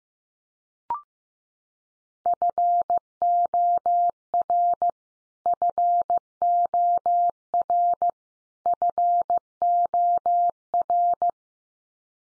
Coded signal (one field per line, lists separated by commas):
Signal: Morse code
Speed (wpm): 15 wpm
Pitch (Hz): 700 Hz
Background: none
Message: FOR FOR FOR